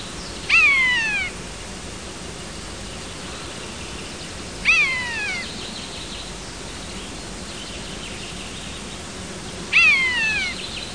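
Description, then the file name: Common buzzard calling three times, each a clear, plaintive mew slurring downward, spaced about four to five seconds apart against a constant background hiss. "Poiana"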